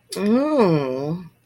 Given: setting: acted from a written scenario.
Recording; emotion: vocal sound without words; desire